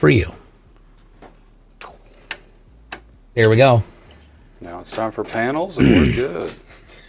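A PC case side panel is being handled for fitting into the case, with tabs along the bottom meant to go in first before the panel is pushed until it snaps into place. Someone talks, and between the speech there are sharp taps and knocks around 1.8, 2.3 and 2.9 seconds. Nothing has seated or clicked yet.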